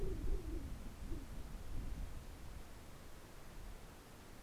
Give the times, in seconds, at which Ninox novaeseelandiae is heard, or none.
none